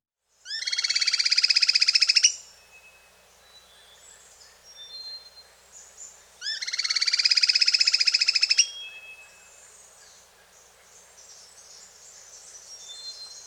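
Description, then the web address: Bird song in two long bursts, each a rapid, even, buzzy rattle of about two seconds, with scattered thin high notes between and after them. Costa Rican cloud forest; song and call. "Birds of the Costa Rican Cloud Forest 59 Song and call"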